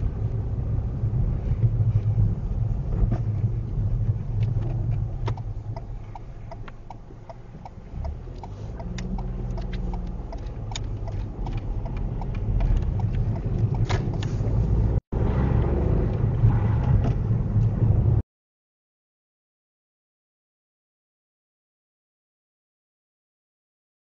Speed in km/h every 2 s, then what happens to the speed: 11, 11, 2, 0, 0, 10, 16, 23, 23, 27, 26, 24.
2-4 brakes to 2. 4-8 standing. 8-18 pulls away to 27. 18-24 steady at about 26.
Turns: 8-12.